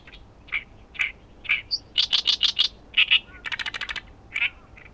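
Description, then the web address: Bird calls, sharp high chirps at first spaced about half a second, then quick runs of rapid clicking notes, over a faint low background. "yacho koe"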